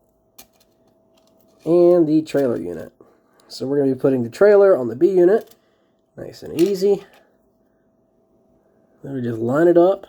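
A plastic trailer unit is lined up by hand on the B unit of a Rokuhan Z scale Shorty Santa Fe F7 locomotive, ready to be pushed into place. Someone talks throughout, with a faint tick near 0.4 s and a couple of tiny handling ticks around 1.2–1.3 s. Nothing has seated or clicked yet.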